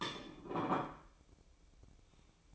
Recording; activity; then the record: daily activity, microphone in the room; place plate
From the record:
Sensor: 1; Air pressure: 1007.6 hPa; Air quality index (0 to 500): 76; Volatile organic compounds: 1 ppm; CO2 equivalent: 663 ppm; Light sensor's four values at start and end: 8/18/7/8 and 8/18/7/8